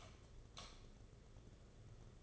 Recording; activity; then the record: daily activity, microphone in the room; light off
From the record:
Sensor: 4